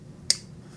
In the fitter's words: nice click on the detent any detent Lush I got a little detent lash it's